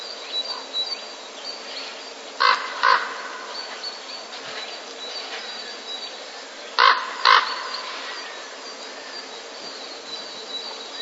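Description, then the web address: Common raven calls: two pairs of harsh, hoarse notes about four seconds apart, over a steady high insect-like whine in the background. Raven courtship calls recorded during the mating season. "krucze gody. kruk"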